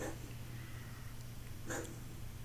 Sookie's coughing outside the door. Oh, it sounds like a cat coughing. She doesn't puke when she coughs. She just coughs. She just has her asthma.